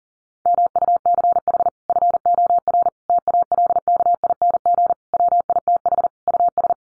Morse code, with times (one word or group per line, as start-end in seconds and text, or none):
0.5-1.7 MUCH
1.9-2.9 FOR
3.1-4.9 TALKING
5.1-6.1 WITH
6.3-6.7 US